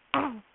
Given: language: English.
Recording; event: throat vibration sensor signal played as sound; throat clearing